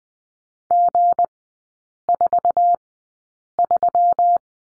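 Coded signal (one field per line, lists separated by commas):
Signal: Morse code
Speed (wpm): 20 wpm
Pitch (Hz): 700 Hz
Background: none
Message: G43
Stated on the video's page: Morse code course lesson on the letter G, three-character groups, sent at Farnsworth speed 20/10 wpm.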